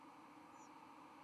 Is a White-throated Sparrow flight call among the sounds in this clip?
no